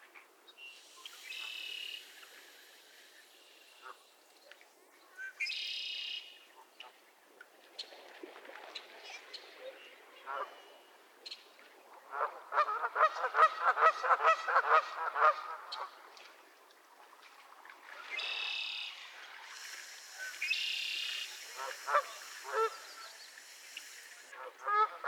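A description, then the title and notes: Geese squabble in bursts, with harsh honks and rapid stuttering calls clustered around two, six, twelve to sixteen, and nineteen to twenty-four seconds. Between outbursts the marsh is quiet, with only scattered softer calls. The sound is thin and bright, with no low rumble. Geese squabbles at Miner's Marsh, Annapolis Valley, Nova Scotia.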